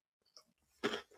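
A single short, harsh cough burst after a few faint mouth sounds, from an adult whose throat is sore and who is coughing a little.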